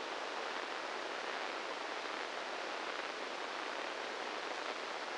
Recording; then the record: brain microelectrode recording played as sound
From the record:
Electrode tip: inside the subthalamic nucleus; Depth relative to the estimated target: -1 mm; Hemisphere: right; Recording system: NeuroSet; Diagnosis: Parkinson's disease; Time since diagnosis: 8 years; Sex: male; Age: 58 years